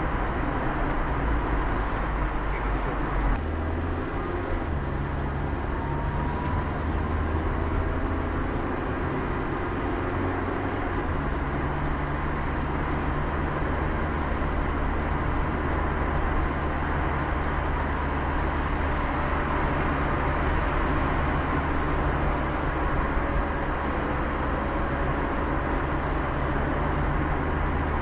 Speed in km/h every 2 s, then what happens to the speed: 21, 17, 12, 10, 12, 17, 23, 28, 32, 32, 29, 27, 28, 29.
0-4 slows to 12. 7-16 speeds up to 32. 16-28 steady at about 29.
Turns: none.